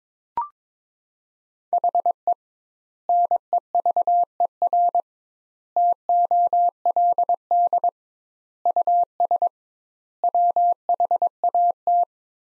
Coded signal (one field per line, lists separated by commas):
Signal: Morse code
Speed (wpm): 22 wpm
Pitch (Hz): 700 Hz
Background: none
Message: HE NEVER TOLD US WHAT